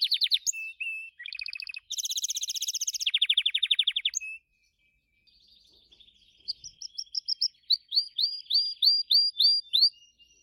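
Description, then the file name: Gloster canary song: buzzy rolling trills, a brief pause, then a run of clipped repeated notes. "canto do canario gloster"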